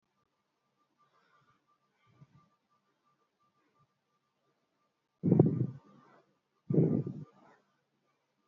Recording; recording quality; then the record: shallow breathing; excellent, no background noise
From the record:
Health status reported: respiratory illness, not identified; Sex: female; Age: 22 years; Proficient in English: yes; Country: India